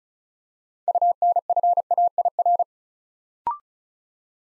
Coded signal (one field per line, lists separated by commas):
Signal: Morse code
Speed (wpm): 36 wpm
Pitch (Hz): 700 Hz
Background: none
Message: UNFAIR